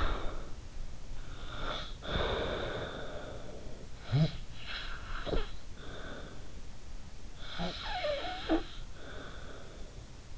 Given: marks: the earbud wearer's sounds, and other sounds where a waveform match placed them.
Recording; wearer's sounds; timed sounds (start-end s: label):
sounds in sleep by an in-ear microphone; snoring breath, breath
0.00-1.44 s: snoring breath
1.44-3.88 s: breath
3.88-10.38 s: snoring breath